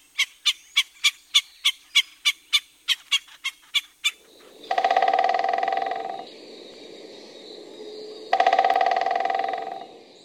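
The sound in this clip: Golden-fronted woodpecker calling: a quick series of about fourteen sharp, evenly spaced notes, then two long harsh, buzzy rattling churrs separated by a pause.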